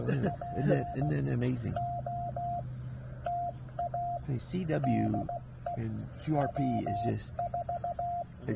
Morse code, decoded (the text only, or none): POTA DE W4